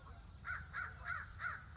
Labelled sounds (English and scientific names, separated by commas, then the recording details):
American Crow (Corvus brachyrhynchos)
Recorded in Sonoma County, California